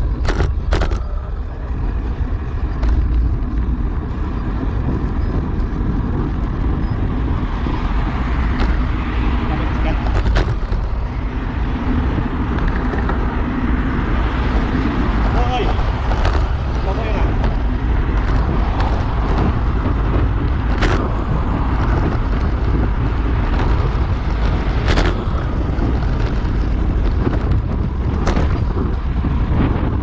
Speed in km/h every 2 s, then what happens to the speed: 25, 25, 25, 25, 26, 26, 27, 27, 27, 28, 28, 29, 31, 32, 34.
0-23 steady at about 26.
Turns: none.